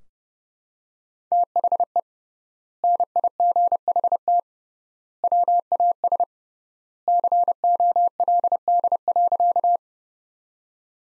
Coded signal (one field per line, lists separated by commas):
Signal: Morse code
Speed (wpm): 32 wpm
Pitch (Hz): 700 Hz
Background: none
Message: THE NIGHT WAS COLD.